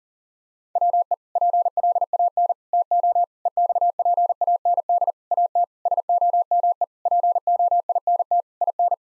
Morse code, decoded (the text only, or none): WE PLAN TO EXPAND AT SOME POINT IN